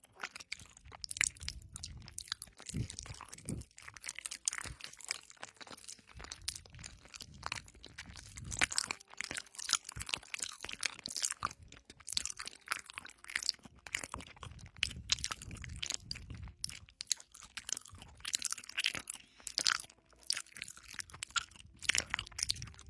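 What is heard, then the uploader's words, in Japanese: Chewing sounds: dense, irregular crunches and wet bites continue throughout, sharp bright clicks over a soft low rumble, with brief quieter gaps. 咀嚼音。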